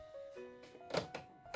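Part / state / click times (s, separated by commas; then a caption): front cover panel into the air conditioner indoor unit body / not seated / none. The plastic front cover of a Samsung wall-mounted split air conditioner is being handled and pushed toward the indoor unit body as it is refitted after filter cleaning. Short plastic knocks are heard at about 1.1 s and 1.5 s over a faint steady tonal background. Nothing has seated or clicked yet.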